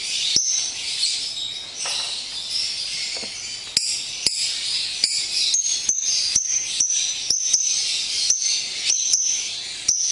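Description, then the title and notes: Lovebird chattering song, rapid high squeaky notes poured out steadily, broken by sharp dry clicks every second or so. Lovebird in extended ngekek song style, used as a bait song (kicau pancingan) to prompt other lovebirds to sing. "Master Kicau Lovebird ngekek, kicau pancingan"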